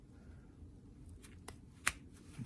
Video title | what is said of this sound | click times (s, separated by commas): Review Lisle 30500 CV Boot Clamp Plier | There. When you hear it click, now it's nice and tight. | 1.5 s, 1.9 s